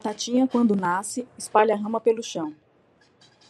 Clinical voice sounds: short text; Brazilian Portuguese; female; 40 to 49 years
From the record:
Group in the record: control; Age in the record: 40 years

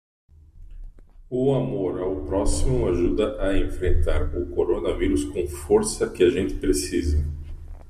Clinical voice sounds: spoken sentence; Brazilian Portuguese; male; 50 to 59 years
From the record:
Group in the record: control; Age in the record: 55 years

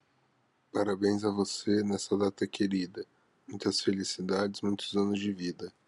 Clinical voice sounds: short text; Brazilian Portuguese; male; 30 to 39 years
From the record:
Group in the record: control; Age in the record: 30 years

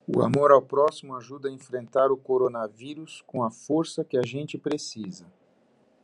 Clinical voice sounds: spoken sentence; Brazilian Portuguese; male; 50 to 59 years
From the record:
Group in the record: control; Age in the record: 56 years

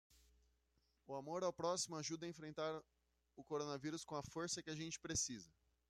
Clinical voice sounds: spoken sentence; Brazilian Portuguese; male; 30 to 39 years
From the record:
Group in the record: control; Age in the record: 34 years

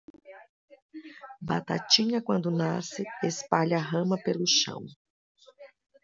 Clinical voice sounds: short text; Brazilian Portuguese; female; 50 to 59 years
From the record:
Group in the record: control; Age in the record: 53 years

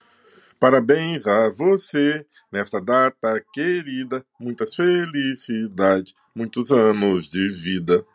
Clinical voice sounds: short text; Brazilian Portuguese; male; 60 to 69 years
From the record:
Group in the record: control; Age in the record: 64 years

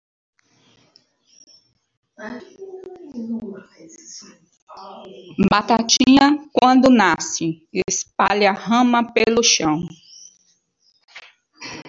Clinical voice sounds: short text; Brazilian Portuguese; female; 50 to 59 years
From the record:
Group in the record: control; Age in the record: 52 years

